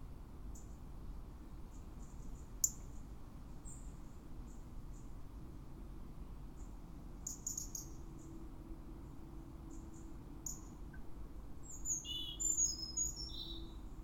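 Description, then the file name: European robin with scattered faint high ticks and notes, ending in a tumbling run of high, sliding twitters, over a continuous low rumble. "Erithacus rubecula"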